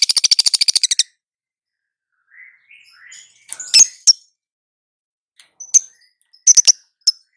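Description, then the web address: Lovebird calls: a fast run of sharp high chatter, then soft chirps and several loud shrill squeaks spaced over several seconds. Female. "love-bird suara-lovebird-betina"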